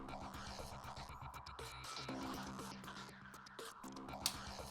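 A fingernail pries at the tab on the front roof panel of a plastic Transformers Masterpiece MPG-02 Getsuei figure's torso while steady music plays underneath. At 4.3 s a sharp, bright click rings out as the tab pops free and the roof panel is released.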